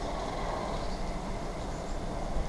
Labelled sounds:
Eurasian Blue Tit
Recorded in Germany
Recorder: ecoPi

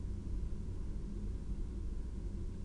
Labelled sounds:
none
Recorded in Germany
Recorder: ecoPi

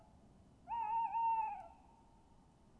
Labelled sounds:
Tawny Owl
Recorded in Germany
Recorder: ecoPi

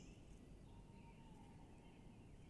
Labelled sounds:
Tawny Owl
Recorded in Germany
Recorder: ecoPi

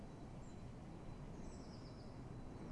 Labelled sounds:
Eurasian Blue Tit
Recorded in Germany
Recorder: ecoPi

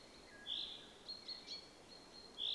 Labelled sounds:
Common Chaffinch
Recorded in Germany
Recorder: ecoPi

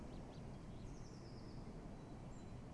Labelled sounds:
Eurasian Blue Tit
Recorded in Germany
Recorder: ecoPi

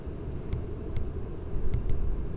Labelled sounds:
none
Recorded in Germany
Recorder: ecoPi

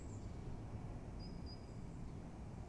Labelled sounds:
Great Tit
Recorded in Germany
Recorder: ecoPi

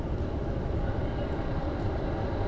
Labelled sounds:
none
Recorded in Germany
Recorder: ecoPi

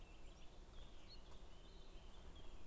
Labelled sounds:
Eurasian Blackcap
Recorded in Germany
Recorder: ecoPi

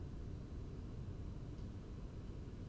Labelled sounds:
none
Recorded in Germany
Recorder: ecoPi

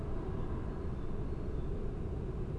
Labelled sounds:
Great Tit
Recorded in Germany
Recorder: ecoPi

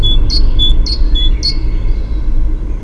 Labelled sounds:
Great Tit
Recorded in Germany
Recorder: ecoPi

